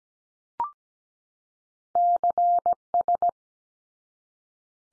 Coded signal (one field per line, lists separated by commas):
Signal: Morse code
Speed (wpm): 17 wpm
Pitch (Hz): 700 Hz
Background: none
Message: CS